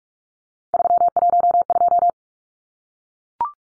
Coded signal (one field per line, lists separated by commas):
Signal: Morse code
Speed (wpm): 44 wpm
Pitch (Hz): 700 Hz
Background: none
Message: 312